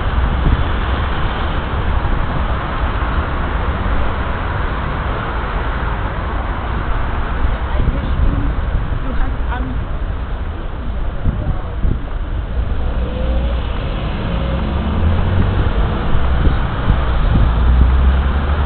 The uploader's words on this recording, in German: Ecke Blissestrasse Berliner Strasse. Hustle and Bustle. Loud. One of the most frequented intersections in West Berlin. Hektisches Treiben. Laut. Es hoert sich an, wie einer der meist befahrenen Verkehrspunkte im Westen Berlins.